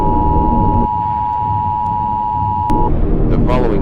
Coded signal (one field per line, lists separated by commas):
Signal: Emergency Alert System (SAME) tones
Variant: 853 and 960 Hz attention tone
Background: speech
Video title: EAS scenario ￼#12 Max antonem rampages earth and spreads red smoke